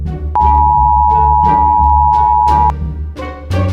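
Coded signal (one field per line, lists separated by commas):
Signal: Emergency Alert System (SAME) tones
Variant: 853 and 960 Hz attention tone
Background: music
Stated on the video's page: SAME tones used in a simulated EAS scenario created on a phone with KineMaster from a downloaded tone file.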